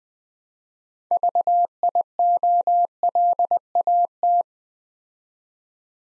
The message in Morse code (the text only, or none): VIOLAT